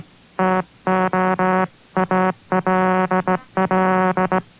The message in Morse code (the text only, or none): TO ALL